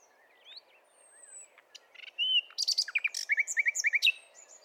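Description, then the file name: Common nightingale song: a thin whistle and short notes build into a dense burst of rapid chattering and repeated clipped notes in the final two seconds. "Luscinia megarhynchos"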